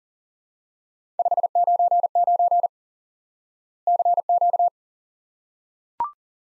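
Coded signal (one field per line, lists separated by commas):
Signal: Morse code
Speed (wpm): 40 wpm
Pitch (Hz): 700 Hz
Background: none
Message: 599 CQ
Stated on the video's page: Morse lesson teaching the QSO element 599 by instant word recognition.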